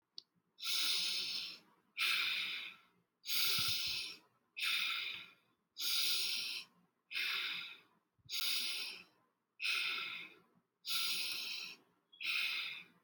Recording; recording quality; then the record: deep breathing; excellent, no background noise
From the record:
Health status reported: healthy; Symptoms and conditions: none ticked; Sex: female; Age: 20 years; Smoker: not ticked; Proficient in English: yes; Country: India